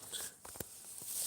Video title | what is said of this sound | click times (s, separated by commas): Archief Collection | It's done until you hear click sound. | 0.6 s